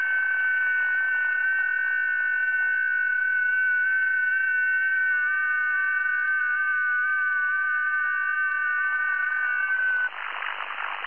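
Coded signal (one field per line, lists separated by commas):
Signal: FT8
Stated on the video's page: FT8 digital-mode contact on the 40 meter band.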